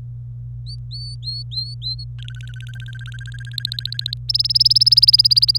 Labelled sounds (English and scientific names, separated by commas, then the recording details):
Domestic Canary (Serinus canaria) song
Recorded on 25 April 2018 at 14:06
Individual llb3